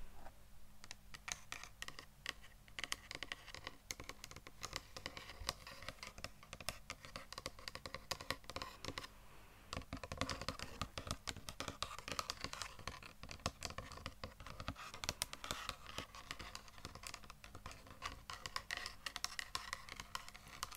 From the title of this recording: ASMR Best Tapping